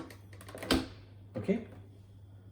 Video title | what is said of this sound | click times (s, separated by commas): Magic Seal MS1160 - How to seal dry or soft item (Part 1) | the end until you hear a click sound | 0.7 s